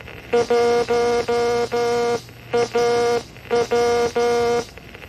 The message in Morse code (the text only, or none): 1AW